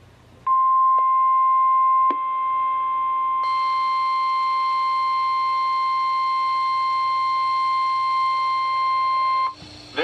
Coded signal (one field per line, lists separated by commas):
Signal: Emergency Alert System (SAME) tones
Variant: 1050 Hz attention tone